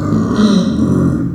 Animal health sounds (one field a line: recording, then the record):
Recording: squeal of a Yucatan mini pig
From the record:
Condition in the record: after surgery on the right vocal fold (resection and tissue-engineered implant)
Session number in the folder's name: 7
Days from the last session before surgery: 47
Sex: female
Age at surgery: 19 weeks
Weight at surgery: 25 kg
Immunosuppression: prednisolone